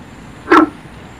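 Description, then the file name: Guenther's frog giving a single short, loud, barking note over a faint background hiss. "sylvirana guentheri"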